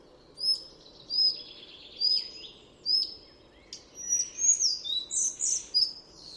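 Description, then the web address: Collared flycatcher song: thin, high whistled notes repeated about every second, then a quicker jumble of squeaky, higher notes near the end, over a low steady hum. "chant didier collin gobemouche a collier"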